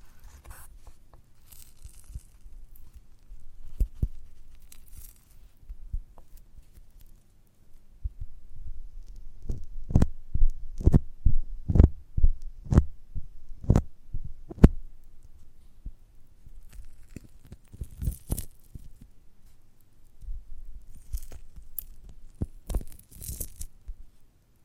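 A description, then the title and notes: Squishy, sticky handling of a giant gummy bear, with sharp tearing and squelching snaps. The snaps come in a quick regular run around the middle, with quieter rustling and softer pulls before and after, over a low steady rumble. ASMR of a Giant Gummy Bear (No Talking).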